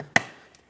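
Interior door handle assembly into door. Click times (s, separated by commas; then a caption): 0.2 s. An interior door handle assembly, removed as a unit from a 2014–2021 Mazda 6, is pressed back into the door and gives one sharp, bright click at 0.2 s. Fainter ticks follow at about 0.6 and 0.7 s. The assembly clicks back into place.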